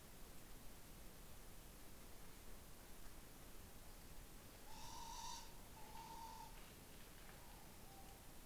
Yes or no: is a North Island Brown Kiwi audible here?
no